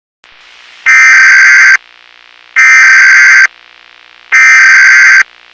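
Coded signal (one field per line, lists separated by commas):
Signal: Emergency Alert System (SAME) tones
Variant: header bursts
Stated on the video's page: Fictional Roblox EAS scenario with simulated SAME tones, made in KineMaster.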